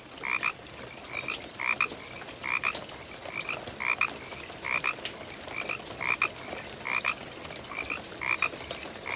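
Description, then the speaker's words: Pacific chorus frog calls: short two-part croaks repeated steadily over a constant background hiss. Calling at night outside a house, while rain falls. "I'm going to start off with a little bit of the beautiful sound of the rain that's falling outside my house right now and the Pacific chorus frogs that were serenading my sleep last night."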